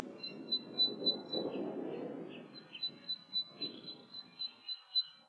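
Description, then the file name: Zitting cisticola giving short, sharp, high notes repeated rapidly, over a steady thin whine and a low rumble early on. "sekka"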